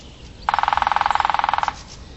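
Bird trill: a single even, fast-pulsed buzzy trill of just over a second, cutting in and out cleanly over quiet background noise.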